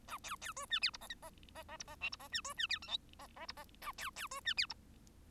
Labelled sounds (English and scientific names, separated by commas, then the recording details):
Bengalese Finch (Lonchura striata domestica) song
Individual Bird1